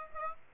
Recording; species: mosquito wingbeat signal from an infrared sensor; Aedes aegypti